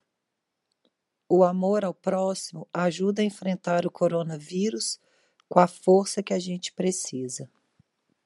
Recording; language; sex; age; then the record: spoken sentence; Brazilian Portuguese; female; 30 to 39 years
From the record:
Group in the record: control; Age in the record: 39 years